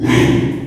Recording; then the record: squeal of a Yucatan mini pig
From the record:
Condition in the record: after surgery on the right vocal fold (resection and tissue-engineered implant); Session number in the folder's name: 4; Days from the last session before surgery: 42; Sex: male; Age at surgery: 12 weeks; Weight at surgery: 13 kg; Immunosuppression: cyclosporine, prednisolone